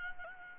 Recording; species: mosquito wingbeat signal from an infrared sensor; Aedes albopictus